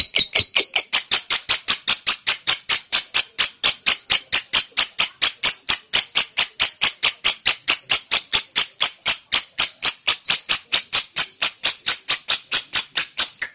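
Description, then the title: Bird call: a sustained, evenly repeated series of loud, high, harsh notes. Training recording for songbirds. "LuckyBurung MasteranBest"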